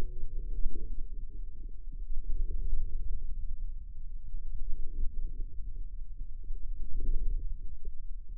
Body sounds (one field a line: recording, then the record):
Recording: forearm muscle sounds (acoustic myography)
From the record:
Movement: wrist extension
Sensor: system 2, bracelet of six BSWA MPA416 microphones around the upper forearm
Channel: 5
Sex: male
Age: 22 years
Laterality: right